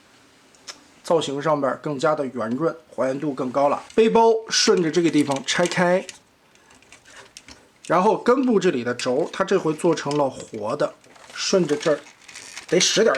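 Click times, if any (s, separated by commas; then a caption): 7.4 s. A plastic backpack panel on the back of a transforming robot toy is pulled apart along its seam while someone talks. A short, sharp hit is heard at 7.4 seconds as the backpack section releases from the toy.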